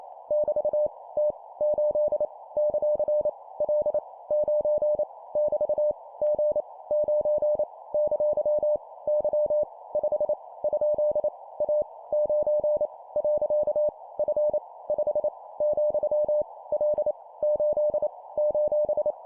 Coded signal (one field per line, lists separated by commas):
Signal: Morse code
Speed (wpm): 28 wpm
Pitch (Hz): 600 Hz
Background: none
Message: <BT> T 8 ; L 9 <BT> G 9 ! Y 5 ? A 9 . F 5 , L 8 :